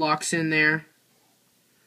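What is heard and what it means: A plastic piece on the leg of a Transformers: Prime Soundwave action figure is being flipped up so its tooth can lock into its slot, but nothing has seated or clicked yet. Someone talks for about the first 0.8 seconds, then the clip falls to near silence.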